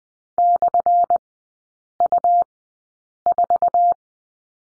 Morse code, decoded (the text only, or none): /U4